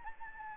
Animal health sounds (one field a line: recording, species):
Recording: mosquito wingbeat signal from an infrared sensor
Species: Anopheles gambiae